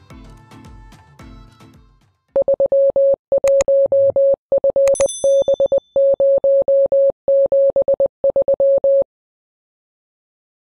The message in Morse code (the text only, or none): 31FB073